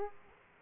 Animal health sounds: mosquito wingbeat signal from an infrared sensor; Aedes aegypti

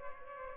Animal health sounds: mosquito wingbeat signal from an infrared sensor; Aedes aegypti

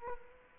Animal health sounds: mosquito wingbeat signal from an infrared sensor; Aedes aegypti

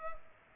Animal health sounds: mosquito wingbeat signal from an infrared sensor; Culex pipiens

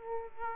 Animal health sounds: mosquito wingbeat signal from an infrared sensor; Aedes aegypti

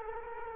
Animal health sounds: mosquito wingbeat signal from an infrared sensor; Culex quinquefasciatus

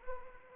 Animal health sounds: mosquito wingbeat signal from an infrared sensor; Anopheles arabiensis

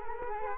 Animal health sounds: mosquito wingbeat signal from an infrared sensor; Culex quinquefasciatus

